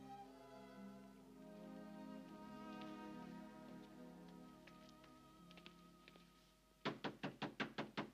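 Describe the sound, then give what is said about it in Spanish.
A steady run of six sharp knocks on a door comes after a long stretch of low, sustained tones, each rap loud and evenly spaced. “Abre la puerta, Dorian. No me marcharé antes de haberte visto.”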